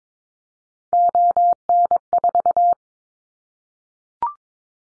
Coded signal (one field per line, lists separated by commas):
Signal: Morse code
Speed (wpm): 22 wpm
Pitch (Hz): 700 Hz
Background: none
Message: ON4